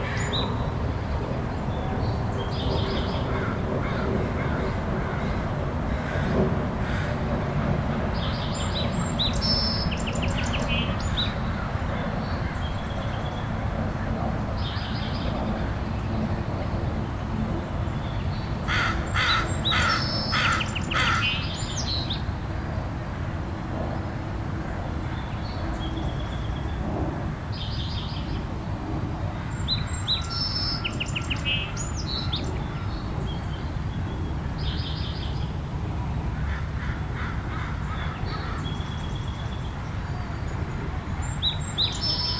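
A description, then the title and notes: Birds chirp and call in the early morning at Meadowbrook Park in Seattle, their short bright phrases coming every few seconds, busiest around twenty seconds in. A steady low rumble, like passing traffic, runs underneath throughout, with a faint murmur that could be voices. I recorded some bird sounds at Meadowbrook Park, Seattle, early in the morning.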